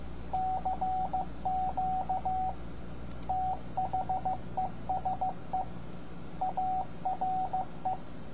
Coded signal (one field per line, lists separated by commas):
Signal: Morse code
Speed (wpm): 15 wpm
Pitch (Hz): 750 Hz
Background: radio noise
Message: CQ THESE ARE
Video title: Amateur Radio Call Signs for Your Shack- Morse Code CW